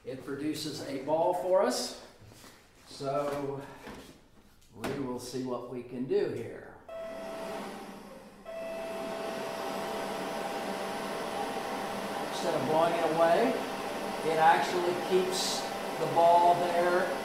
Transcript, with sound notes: it produces a ball for us, so we will see what we can do here. [leaf blower noise] Instead of blowing it away, it actually keeps the ball there.